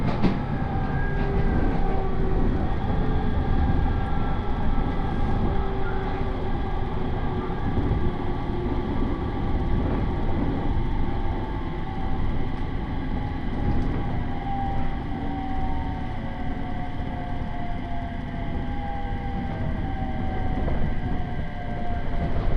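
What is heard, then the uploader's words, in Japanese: A train on the Uetsu Main Line runs steadily along with a constant low rumble and rattle of the cars. Thin tones drift slowly downward and upward over the whole stretch, and the level stays even throughout, with no clear stops or announcements. 耳で楽しむ鉄道旅 羽越本線 羽後本荘→秋田。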